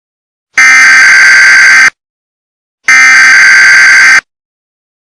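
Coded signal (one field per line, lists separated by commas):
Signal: Emergency Alert System (SAME) tones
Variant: header bursts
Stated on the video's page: Fictional EAS scenario, simulated alert with borrowed sound effects and music.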